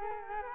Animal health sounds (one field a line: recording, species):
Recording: mosquito wingbeat signal from an infrared sensor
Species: Culex quinquefasciatus